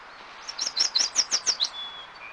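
Bird giving a quick series of sharp, high, down-slurred chirps in just over a second, followed by a faint thin whistle.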